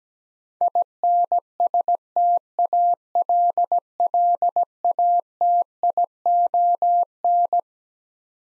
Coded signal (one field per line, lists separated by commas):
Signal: Morse code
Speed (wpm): 17 wpm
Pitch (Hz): 700 Hz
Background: none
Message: INSTALLATION